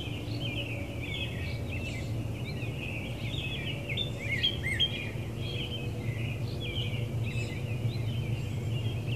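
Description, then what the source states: Birds chirping busily, overlapping short high twitters and chirps throughout, with a constant low rumble of background noise underneath. Recorded in an urban area.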